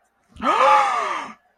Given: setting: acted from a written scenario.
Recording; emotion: vocal sound without words; elation